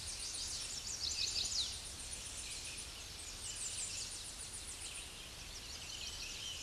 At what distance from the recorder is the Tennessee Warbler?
about 40 m